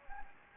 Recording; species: mosquito wingbeat signal from an infrared sensor; Anopheles gambiae